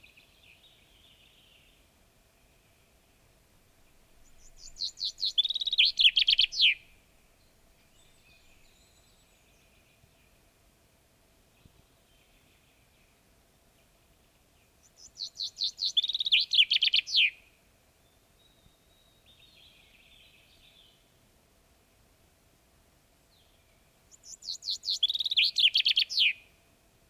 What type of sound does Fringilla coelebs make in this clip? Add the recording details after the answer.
song. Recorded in the wild. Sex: male. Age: adult. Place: Altenbeken, Eggegebirge, Nordrhein-Westfalen, DE. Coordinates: 51.7842, 8.96417. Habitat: mountain ridge. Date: 1965-06-20. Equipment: Uher 4000 Report-S, Bändchenmikro Beyer M 260, Parabolspiegel Polyester (470 mm). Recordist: Conrads, Klaus